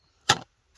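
The folding handle on a Firemaple Star X2 camping stove cooking pot is swung into position, and its small clip snaps shut with a single sharp, loud click at 0.3 s. The clip locks the handle into place.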